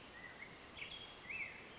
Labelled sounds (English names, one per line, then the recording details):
Black-headed Grosbeak
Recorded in Sonoma County, California